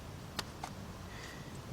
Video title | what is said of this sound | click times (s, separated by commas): ⭐ PART 4 - 1997 Mercedes Benz E320 - W210 - 3.2 - Upper Front Timing Cover Gasket | You just want to plug that up till you hear it click. | 0.4 s